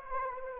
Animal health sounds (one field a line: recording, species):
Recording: mosquito wingbeat signal from an infrared sensor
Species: Anopheles arabiensis